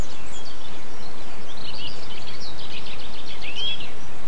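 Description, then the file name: Bird: a brief burst of mixed bird twittering ends in a clear, rising whistled note, over constant low background noise. Birdsong extract recorded 8 April 2007 on an MZ-N 710 recorder. "MZ-N 710 Chants d oiseaux 8 04 07 extrait"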